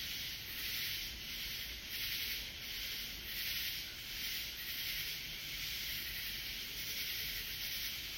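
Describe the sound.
Katydid call, a buzzy high rasp pulsing regularly against a steady background hiss.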